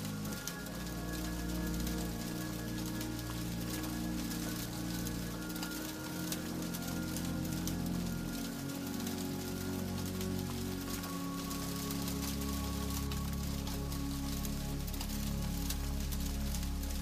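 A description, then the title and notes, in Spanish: Rain patters steadily on a roof, dense and even, over soft sustained music with low drawn-out tones that shift around 6 and 11 seconds. Ritmo Suave de la LLUVIA sobre un Techo con MÚSICA. El sonido tranquilizador de las gotas de lluvia que caen sobre un techo.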